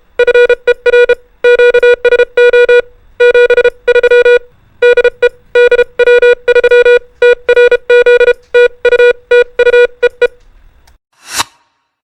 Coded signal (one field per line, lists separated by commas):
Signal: Morse code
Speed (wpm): 32 wpm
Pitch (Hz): 480 Hz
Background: music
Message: FER QSO 73 DE DW3TRZ TU TU EE